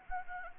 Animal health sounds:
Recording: mosquito wingbeat signal from an infrared sensor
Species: Anopheles gambiae

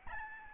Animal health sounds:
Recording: mosquito wingbeat signal from an infrared sensor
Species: Aedes albopictus

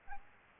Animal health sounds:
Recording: mosquito wingbeat signal from an infrared sensor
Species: Aedes albopictus

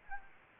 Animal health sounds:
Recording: mosquito wingbeat signal from an infrared sensor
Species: Anopheles gambiae

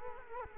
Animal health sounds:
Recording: mosquito wingbeat signal from an infrared sensor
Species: Culex quinquefasciatus

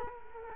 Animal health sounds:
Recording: mosquito wingbeat signal from an infrared sensor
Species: Culex quinquefasciatus

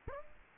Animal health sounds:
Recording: mosquito wingbeat signal from an infrared sensor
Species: Aedes aegypti

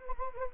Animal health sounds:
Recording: mosquito wingbeat signal from an infrared sensor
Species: Anopheles gambiae

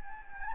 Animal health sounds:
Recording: mosquito wingbeat signal from an infrared sensor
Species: Anopheles gambiae

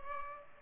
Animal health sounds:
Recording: mosquito wingbeat signal from an infrared sensor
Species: Culex pipiens

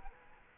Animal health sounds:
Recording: mosquito wingbeat signal from an infrared sensor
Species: Culex quinquefasciatus

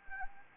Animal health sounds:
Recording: mosquito wingbeat signal from an infrared sensor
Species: Anopheles arabiensis

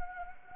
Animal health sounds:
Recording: mosquito wingbeat signal from an infrared sensor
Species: Anopheles gambiae

